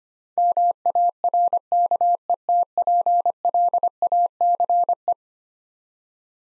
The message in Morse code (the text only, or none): MARKETPLACE